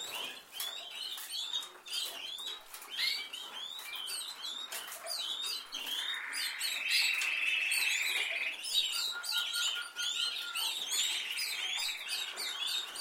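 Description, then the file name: Canary song: a steady rolling trill held for a few seconds in the middle, surrounded by many quick upslurred chirps throughout. "Canary Voice"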